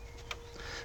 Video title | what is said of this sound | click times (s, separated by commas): 2007 Jeep Liberty radiator replacement | and locks in place and then you can work this | 0.3 s